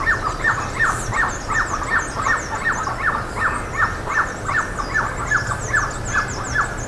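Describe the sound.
Bird calls: loud, evenly spaced downslurred notes, more than two a second, layered over a busy chatter of higher chirps.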